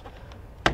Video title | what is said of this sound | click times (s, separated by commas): Harris Seeds - How to Install Small Automatic Greenhouse Vents | What you're doing is you're pushing the film down into the base. You'll hear a snap as it pops in. | 0.7 s